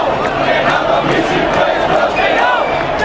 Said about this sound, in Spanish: Por un lado, gritos a favor del Papa Benedicto XVI. Por el otro, consignas en contra de la Iglesia Católica.